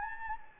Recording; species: mosquito wingbeat signal from an infrared sensor; Anopheles gambiae